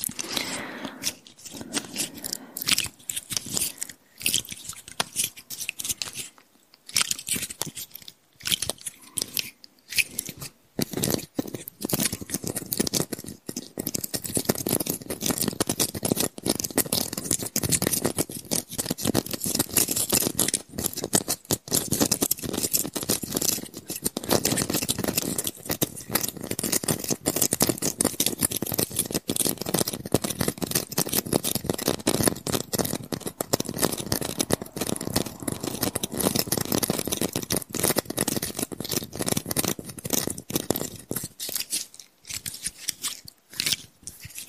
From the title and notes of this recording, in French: ASMR - Tapping et scratching sur mes décorations de Noël. Ce soir, j'ai décroché quelques décorations de mon sapin de Noël pour te faire profiter de leurs sons agréables ! Au programme, du tapping et du scratching plus ou moins intense.